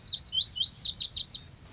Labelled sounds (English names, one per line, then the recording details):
Lazuli Bunting
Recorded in Sonoma County, California